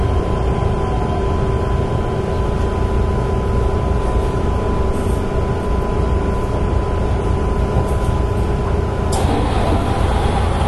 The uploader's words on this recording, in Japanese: 京阪電気鉄道 13000系の走行音です。宇治線にて収録。区間は宇治から中書島までです。